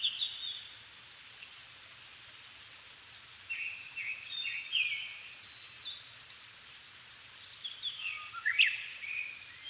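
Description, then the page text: Japanese thrush song: varied whistled phrases, some rising, some falling, delivered in bursts with short pauses, over a steady hiss. Japan, 7 May 2011 at 17:59, altitude 270 m; recorded with Sony PCM-D50 and Panasonic WM-61A mic. "kurotugumi 20110507-1759. Turdus cardis [Sounds -Nikko Today-]"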